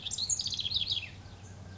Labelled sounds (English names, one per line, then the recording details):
House Wren
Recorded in Sonoma County, California